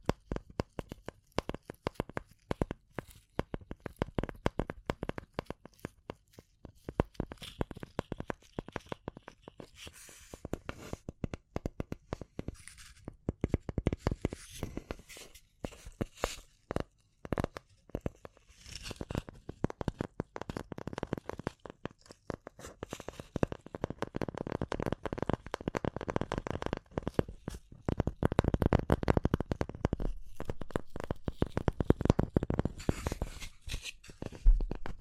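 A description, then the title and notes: Tapping and scratching fills the recording with dense, irregular clicks and scrapes that have a crisp, crinkly texture, as if on a hard surface. Brief pauses interrupt the sounds, which grow busier and louder after the midpoint. ASMR Relaxing Tapping & Scratching Rode Mic Test (No Talking).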